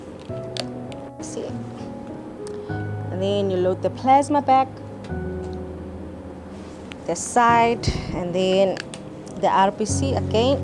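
The plastic pilot tube of a disposable blood-processing tubing set is pushed into the holder of a HemoPress blood-processing machine and seats with a sharp click at 0.6 s. Someone talks over background music.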